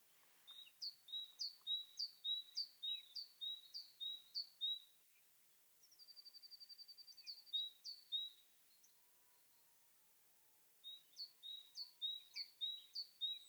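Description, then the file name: Great tit song: high two-note phrases, a sharp upper note dropping to a longer lower one, repeated rapidly in runs, broken by a short buzzy rattling trill midway. "Parus major"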